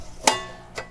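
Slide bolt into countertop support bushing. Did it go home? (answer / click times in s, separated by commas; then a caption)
yes / 0.3 s. A metal slide bolt on a heavy-duty fold-down countertop extension in a van is released and pops out into its countertop support bushing, locking into place with a sharp metallic snap at 0.3 s. A fainter tap follows at about 0.8 s, and the bolt is seated and locked.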